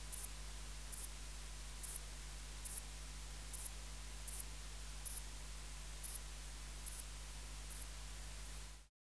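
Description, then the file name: Saddle-backed bush-cricket song: brief, very high scratchy chirps, about ten in all, repeated over a steady low hum, then silence at the end. "Ephippiger cruciger"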